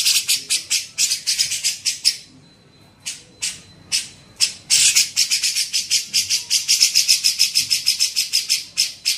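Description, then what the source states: Grey-cheeked bulbul song: quick rasping pulses, a pause with a few scattered notes, then a long rapid buzzy series to the end. Used for training songbirds (masteran).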